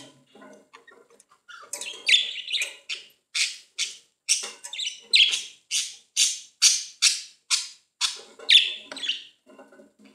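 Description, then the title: Budgerigar giving a steady series of harsh, buzzy chirps after soft warbling at the start. "Budgie Sounds"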